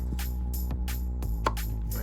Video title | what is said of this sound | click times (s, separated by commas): volvo c30 D3 oil change | push it down till it clicks there | 1.5 s